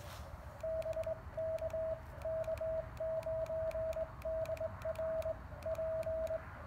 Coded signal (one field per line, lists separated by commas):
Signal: Morse code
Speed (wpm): 21 wpm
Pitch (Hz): 640 Hz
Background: radio noise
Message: BK K9DRP